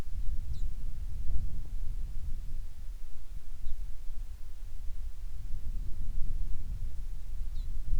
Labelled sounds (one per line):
bird
wind